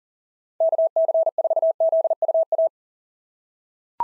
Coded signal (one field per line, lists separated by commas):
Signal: Morse code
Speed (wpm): 37 wpm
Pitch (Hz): 660 Hz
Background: none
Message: KC4ZUA